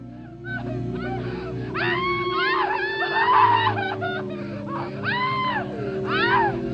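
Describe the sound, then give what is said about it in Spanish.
Several women, household maids, scream in overlapping, high-pitched bursts that rise and fall, coming in repeated waves over a steady low rumble. “Y cuando vieron lo que había sucedido, que era lo que descansaba sobre mí en la cama, dieron gritos.”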